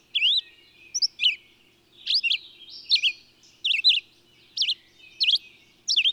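Bird song of high whistled notes bending down and up, often in pairs, repeated several times.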